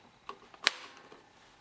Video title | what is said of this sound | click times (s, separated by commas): Lawnmower Starts & Dies - Fix It By Replacing The Carburetor! | push down till you hear it click and here's | 0.7 s